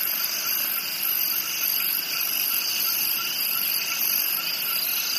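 Crickets giving a steady high trilling chorus in several layered bands.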